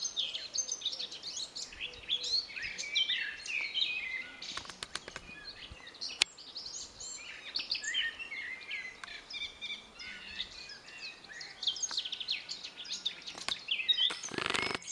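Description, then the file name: Eurasian blackcap song, rapid varied warbling phrases of chirps and whistles running throughout, with a few sharp clicks and a brief burst of noise near the end. "Sylvia atricapilla"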